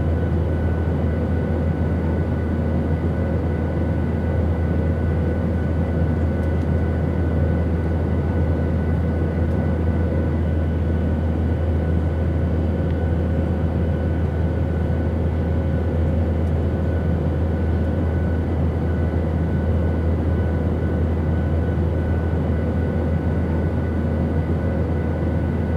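Inside an airplane cabin, a steady low engine drone and even air hiss hold unchanged throughout, with faint tonal whines above and no distinct voices.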